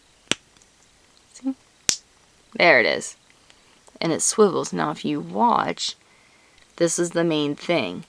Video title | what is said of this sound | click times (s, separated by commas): NEW KB "Flexee Loom Links" unboxing and review | you'll hear a snap there | 0.3 s